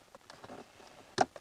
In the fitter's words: so two little clicks